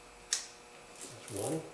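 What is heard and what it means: An ignition coil is pushed onto its spark plug in the cylinder head of a 2011 Toyota Tacoma, working in a tight space on the second side. A sharp snap at 0.3 s marks the coil seating in place, then someone talks.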